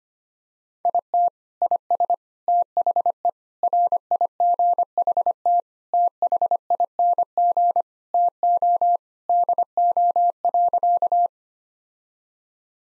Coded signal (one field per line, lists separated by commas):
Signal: Morse code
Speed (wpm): 25 wpm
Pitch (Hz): 700 Hz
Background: none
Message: IT IS THE RIGHT THING TO DO.